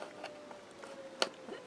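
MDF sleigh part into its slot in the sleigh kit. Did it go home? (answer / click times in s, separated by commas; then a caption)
yes / 1.2 s. After an obstructing piece is moved aside, an MDF part is pushed into its slot in a CoolKatzCraft miniature sleigh kit with two reindeer (1:12 and 1:24 scale). Faint handling ticks lead up to a loud, sharp snap at 1.2 s as the part seats in place.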